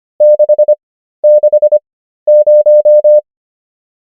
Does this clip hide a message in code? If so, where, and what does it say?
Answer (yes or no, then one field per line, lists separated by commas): yes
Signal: Morse code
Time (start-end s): 0.2-3.2 s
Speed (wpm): 25 wpm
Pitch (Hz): 600 Hz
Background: none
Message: 660